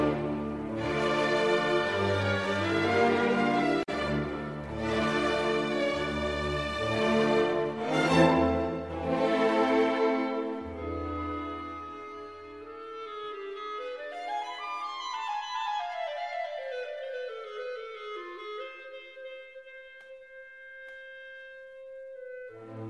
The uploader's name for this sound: Warm Instrumental & Cozy Coffee Shop Ambience